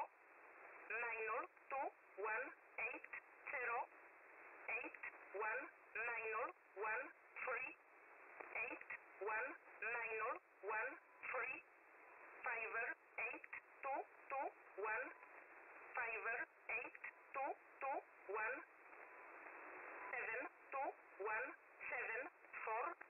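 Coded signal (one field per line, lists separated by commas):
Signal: numbers station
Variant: E11, English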